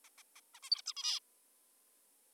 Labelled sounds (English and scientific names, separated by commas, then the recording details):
Zebra Finch (Taeniopygia guttata)
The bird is an adult
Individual g19o3U